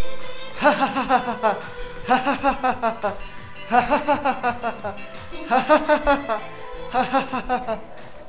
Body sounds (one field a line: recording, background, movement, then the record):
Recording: laughter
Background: music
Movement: walking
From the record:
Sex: male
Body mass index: 20.6 kg/m2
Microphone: on the chest, facing outward